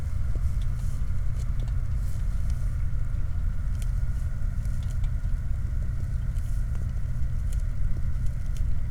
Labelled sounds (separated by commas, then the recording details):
machinery, flare stack, rain
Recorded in the Prudhoe Bay oil fields, Alaska, on 15 July 2019 at 01:43
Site 29